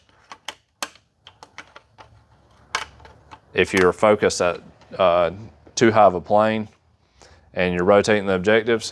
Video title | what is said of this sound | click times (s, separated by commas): Nikon Ts2 Tissue Culture Microscope — Disassembly, Reassembly & Pro Tips | See how it clicks right in that notch? | 0.8 s